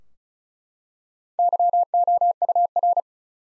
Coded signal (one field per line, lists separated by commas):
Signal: Morse code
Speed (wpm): 36 wpm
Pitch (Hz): 700 Hz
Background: none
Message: YOUR